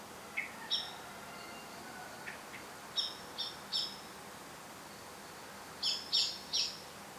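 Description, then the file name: Common blackbird calls: clusters of sharp, clipped high notes in short bursts, separated by pauses. "Turdus merula"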